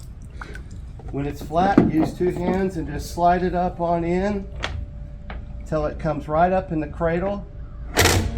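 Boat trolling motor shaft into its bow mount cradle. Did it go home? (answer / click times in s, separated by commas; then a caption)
yes / 8.4 s. A boat trolling motor on a Trophy fishing boat is slid up with two hands into its bow-mounted stowing cradle while someone talks. It snaps into the cradle at 8.4 seconds and is seated.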